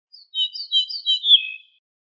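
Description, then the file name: Ortolan bunting delivering a few sweet downslurred notes that run into a longer, lower closing note. "suara kicauan ortolan"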